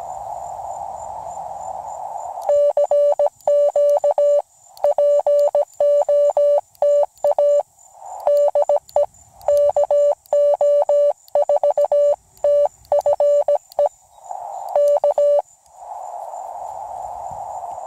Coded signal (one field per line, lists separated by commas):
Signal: Morse code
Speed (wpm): 17 wpm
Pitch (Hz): 580 Hz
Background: none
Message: CQ POTA DE KO4TFE K